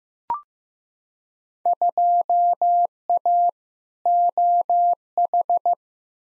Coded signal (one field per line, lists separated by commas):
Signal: Morse code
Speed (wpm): 15 wpm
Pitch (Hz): 700 Hz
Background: none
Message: 2A OH